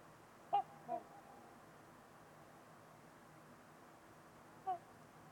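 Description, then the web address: Trumpeter swan calls: two short nasal trumpeting honks in quick succession, a long quiet pause, then a single honk near the end. Trumpeter swans on a winter evening at Winters Lake in a deep, silent valley with distant white noise. "Trumpeter Swans on a Winter's Eve. Wind Is the Original Radio. Nick-Mc Mahan Winters-Lake-with-Swan"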